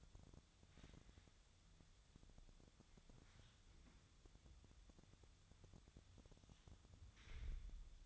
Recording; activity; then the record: daily activity, microphone in the room; wipe stove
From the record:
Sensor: 3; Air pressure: 1004.8 hPa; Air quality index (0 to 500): 75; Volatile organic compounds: 2 ppm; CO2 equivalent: 1118 ppm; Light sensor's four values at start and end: 8/19/8/7 and 8/19/8/7